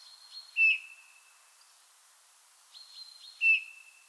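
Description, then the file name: Eurasian bullfinch giving a soft whistled piping call twice, with fainter higher thin notes before each. "Pyrrhula pyrrhula"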